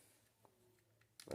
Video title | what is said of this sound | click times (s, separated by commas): Transformers: beast wars Megatron review | and there are these tabs on the top you make sure they are clicked in place like | 1.2 s, 1.3 s